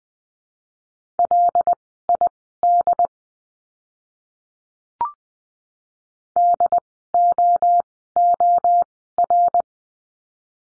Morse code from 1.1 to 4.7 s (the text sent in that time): LID